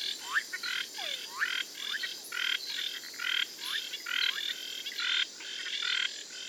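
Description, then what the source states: Frogs and treefrogs: frogs giving buzzy, pulsed notes in rapid runs, about one a second, mixed with a few sliding whistled chirps from other frogs. Frogs and treefrogs recorded in Costa Rica in November–December, edited and mixed into a short musical composition.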